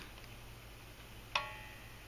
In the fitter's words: hear the pop that means it's set